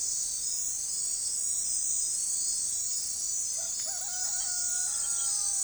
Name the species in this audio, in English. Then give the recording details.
none. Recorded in forest near Pivijay, Magdalena, Colombia, on 4 June 2023 at 04:00. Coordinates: 10.467, -74.380. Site Z5-G034